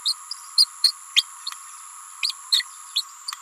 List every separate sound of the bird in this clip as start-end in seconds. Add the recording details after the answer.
0.05-0.15, 0.57-0.68, 0.83-0.92, 1.16-1.25, 2.23-2.33, 2.52-2.64, 2.95-3.03. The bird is a female. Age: 28 days. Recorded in a nest box in Venezuela. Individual 17B31A3